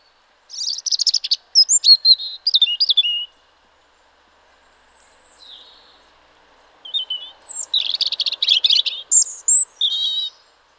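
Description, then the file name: European robin singing two bursts of high, thin, varied warbling phrases with quick trills and slurred whistles, separated by a few seconds of near silence with faint background hum. "Erithacus rubecula"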